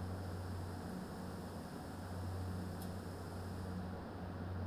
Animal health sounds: poultry house recording; no chicken sound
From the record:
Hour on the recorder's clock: 23

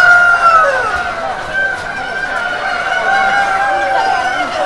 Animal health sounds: poultry house recording; healthy chickens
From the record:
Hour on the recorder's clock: 9

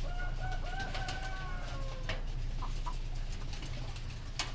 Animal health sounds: poultry house recording; healthy chickens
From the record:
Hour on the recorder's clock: 19

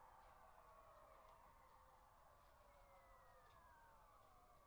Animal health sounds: poultry house recording; healthy chickens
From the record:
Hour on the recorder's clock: 14

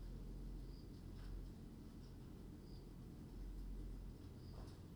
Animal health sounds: poultry house recording; no chicken sound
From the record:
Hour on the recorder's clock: 21

